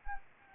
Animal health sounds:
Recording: mosquito wingbeat signal from an infrared sensor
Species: Anopheles arabiensis

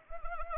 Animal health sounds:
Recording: mosquito wingbeat signal from an infrared sensor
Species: Anopheles arabiensis

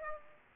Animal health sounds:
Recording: mosquito wingbeat signal from an infrared sensor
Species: Aedes aegypti

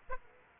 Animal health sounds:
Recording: mosquito wingbeat signal from an infrared sensor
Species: Aedes aegypti

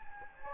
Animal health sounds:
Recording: mosquito wingbeat signal from an infrared sensor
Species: Anopheles gambiae

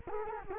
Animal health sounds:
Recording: mosquito wingbeat signal from an infrared sensor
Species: Culex quinquefasciatus

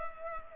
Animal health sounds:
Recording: mosquito wingbeat signal from an infrared sensor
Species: Culex pipiens

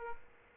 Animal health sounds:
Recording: mosquito wingbeat signal from an infrared sensor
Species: Aedes aegypti

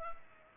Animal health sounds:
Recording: mosquito wingbeat signal from an infrared sensor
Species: Culex pipiens

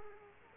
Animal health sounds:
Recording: mosquito wingbeat signal from an infrared sensor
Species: Culex quinquefasciatus

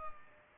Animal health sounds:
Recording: mosquito wingbeat signal from an infrared sensor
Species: Culex pipiens

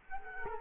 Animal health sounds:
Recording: mosquito wingbeat signal from an infrared sensor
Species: Culex quinquefasciatus

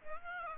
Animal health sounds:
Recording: mosquito wingbeat signal from an infrared sensor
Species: Aedes aegypti

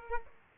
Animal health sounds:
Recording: mosquito wingbeat signal from an infrared sensor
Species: Aedes aegypti

